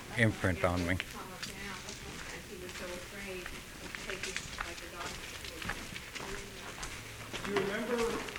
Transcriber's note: everyone continues walking, is heard off-mike